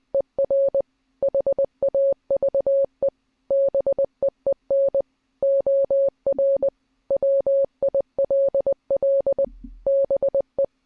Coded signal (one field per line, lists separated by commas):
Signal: Morse code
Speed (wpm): 20 wpm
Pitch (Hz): 550 Hz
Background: none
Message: ER HAVE BEEN OR WILL BE